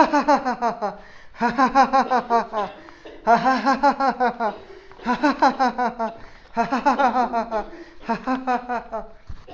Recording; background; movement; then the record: laughter; a bystander coughing; walking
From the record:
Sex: male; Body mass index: 20.6 kg/m2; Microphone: on the chest, facing outward